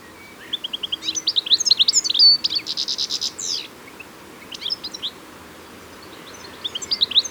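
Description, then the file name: European goldfinch giving high, tinkling twittering notes in a quick burst, then pausing before shorter scattered chirps return briefly, and again near the end. "Carduelis carduelis"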